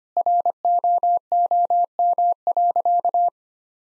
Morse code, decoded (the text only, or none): ROOM.